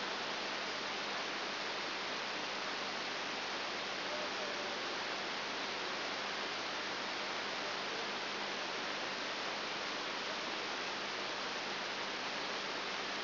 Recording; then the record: brain microelectrode recording played as sound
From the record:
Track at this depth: inside the subthalamic nucleus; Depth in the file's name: 1.504 mm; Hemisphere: left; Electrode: 3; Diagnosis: Parkinson's disease